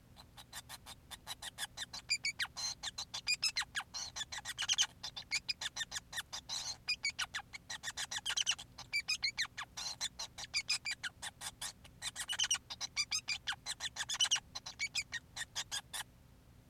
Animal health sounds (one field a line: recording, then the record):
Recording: song of a male Bengalese finch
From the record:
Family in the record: son of father 5